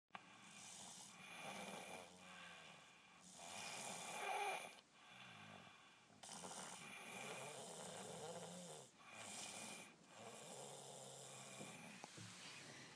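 Snoring from an adult sleeper, with repeated breaths at about 21 per minute and an irregular rhythm.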